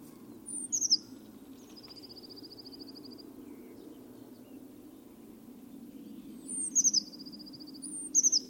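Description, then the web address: Bird calls: bursts of sharp, very high notes, two of them followed by a fast, even trill, over a steady low rumble. "cianscape. Deverinetal 2025. Bird Only"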